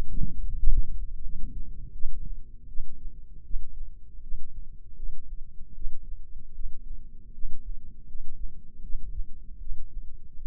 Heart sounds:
heart sounds by microphone in the left ear; 80 bpm
0.55 s: heartbeat
1.22 s: heartbeat
1.92 s: heartbeat
2.67 s: heartbeat
3.43 s: heartbeat
4.21 s: heartbeat
4.95 s: heartbeat
5.74 s: heartbeat
6.53 s: heartbeat
7.32 s: heartbeat
8.07 s: heartbeat
8.81 s: heartbeat
9.58 s: heartbeat
10.34 s: heartbeat
From the record:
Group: healthy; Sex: female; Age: 19 years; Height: 163 cm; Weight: 51 kg

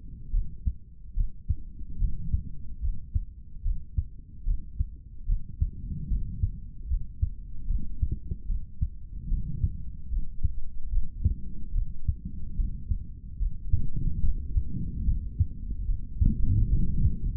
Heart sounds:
heart sounds by stethoscope; 73 bpm
0.32 s: heartbeat
1.15 s: heartbeat
1.99 s: heartbeat
2.81 s: heartbeat
3.63 s: heartbeat
4.45 s: heartbeat
5.27 s: heartbeat
6.08 s: heartbeat
6.88 s: heartbeat
7.67 s: heartbeat
8.47 s: heartbeat
9.28 s: heartbeat
10.10 s: heartbeat
10.90 s: heartbeat
11.73 s: heartbeat
12.56 s: heartbeat
13.38 s: heartbeat
14.22 s: heartbeat
15.05 s: heartbeat
15.86 s: heartbeat
16.69 s: heartbeat
From the record:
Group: healthy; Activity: rest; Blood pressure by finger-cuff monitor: 107/89 mmHg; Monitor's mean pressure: 97 mmHg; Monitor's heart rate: 73 bpm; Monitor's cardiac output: 3.4 L/min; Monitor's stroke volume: 46 mL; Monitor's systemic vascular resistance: 2110 dyn s/cm5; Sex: male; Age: 55 years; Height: 167 cm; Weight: 57.2 kg

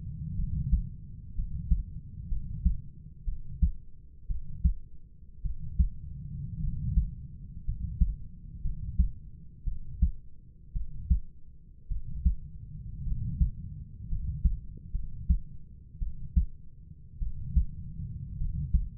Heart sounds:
heart sounds by stethoscope; 57 bpm
0.36 s: heartbeat
1.35 s: heartbeat
2.29 s: heartbeat
3.25 s: heartbeat
4.27 s: heartbeat
5.42 s: heartbeat
6.60 s: heartbeat
7.65 s: heartbeat
8.62 s: heartbeat
9.64 s: heartbeat
10.73 s: heartbeat
11.88 s: heartbeat
13.04 s: heartbeat
14.08 s: heartbeat
14.92 s: heartbeat
15.99 s: heartbeat
17.19 s: heartbeat
18.37 s: heartbeat
From the record:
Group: healthy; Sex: male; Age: 25 years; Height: 170 cm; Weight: 70.4 kg

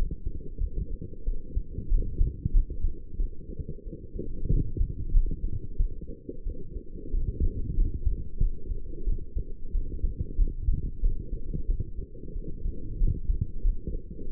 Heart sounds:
heart sounds by stethoscope; 92 bpm
0.59 s: heartbeat
1.24 s: heartbeat
1.89 s: heartbeat
2.52 s: heartbeat
3.17 s: heartbeat
3.84 s: heartbeat
4.49 s: heartbeat
5.12 s: heartbeat
5.77 s: heartbeat
6.44 s: heartbeat
7.11 s: heartbeat
7.75 s: heartbeat
8.39 s: heartbeat
9.05 s: heartbeat
9.72 s: heartbeat
10.36 s: heartbeat
11.00 s: heartbeat
11.66 s: heartbeat
12.33 s: heartbeat
12.98 s: heartbeat
13.62 s: heartbeat
14.28 s: heartbeat
From the record:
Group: healthy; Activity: light exercise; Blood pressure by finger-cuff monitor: 100/67 mmHg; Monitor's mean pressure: 79 mmHg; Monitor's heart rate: 92 bpm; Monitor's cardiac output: 7.1 L/min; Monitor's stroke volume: 78 mL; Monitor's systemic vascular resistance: 800 dyn s/cm5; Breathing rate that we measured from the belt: 22 breaths a minute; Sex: female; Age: 22 years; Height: 160 cm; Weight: 45 kg

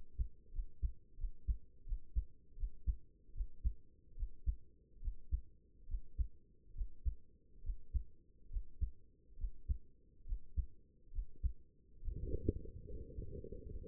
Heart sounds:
heart sounds by stethoscope; 73 bpm
0.51 s: heartbeat
1.17 s: heartbeat
1.84 s: heartbeat
2.56 s: heartbeat
3.33 s: heartbeat
4.15 s: heartbeat
5.00 s: heartbeat
5.87 s: heartbeat
6.73 s: heartbeat
7.62 s: heartbeat
8.49 s: heartbeat
9.36 s: heartbeat
10.24 s: heartbeat
11.11 s: heartbeat
12.00 s: heartbeat
12.85 s: heartbeat
13.69 s: heartbeat
From the record:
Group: healthy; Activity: breath hold 0-11 s, rest 11-14 s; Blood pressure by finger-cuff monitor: 104/74 mmHg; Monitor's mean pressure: 85 mmHg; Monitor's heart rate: 72 bpm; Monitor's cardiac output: 6.4 L/min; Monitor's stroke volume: 81 mL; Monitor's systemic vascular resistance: 1020 dyn s/cm5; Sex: female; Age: 23 years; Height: 160 cm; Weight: 50.4 kg

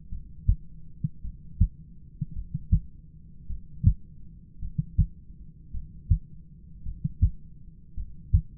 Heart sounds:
heart sounds by stethoscope; 53 bpm
0.09 s: heartbeat
1.22 s: heartbeat
2.33 s: heartbeat
3.47 s: heartbeat
4.59 s: heartbeat
5.71 s: heartbeat
6.83 s: heartbeat
7.95 s: heartbeat
From the record:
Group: heart failure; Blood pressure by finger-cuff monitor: 94/58 mmHg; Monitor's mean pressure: 68 mmHg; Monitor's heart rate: 53 bpm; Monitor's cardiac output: 5.6 L/min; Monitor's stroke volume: 104 mL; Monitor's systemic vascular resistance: 870 dyn s/cm5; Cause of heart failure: dilated cardiomyopathy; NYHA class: 2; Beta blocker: bisoprolol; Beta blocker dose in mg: 10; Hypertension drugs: sacubitril-valsartan, spironolactone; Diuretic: furosemide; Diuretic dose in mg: 40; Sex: male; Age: 29 years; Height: 174 cm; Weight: 92 kg

